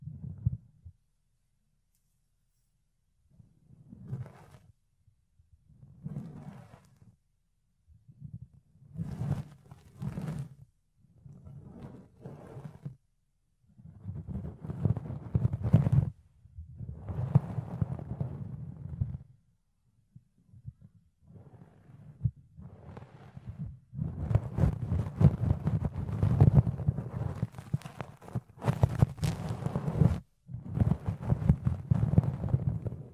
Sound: Fluffy Ear Cleaning, Ear Picking